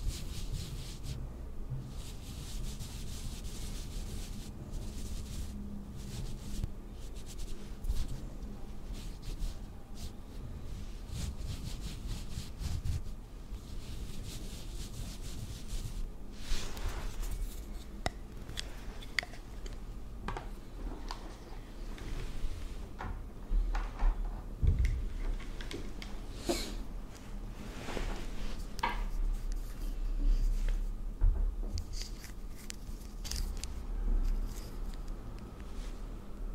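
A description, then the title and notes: Makeup being put on a face, heard as soft rubbing and brushing strokes. Short scratchy swipes come every second or two over a steady low rumble and faint hum, with a few louder brush taps and rustles around the middle and near 25 and 31 seconds. ASMR First person Makeup On Your Face(No Talking).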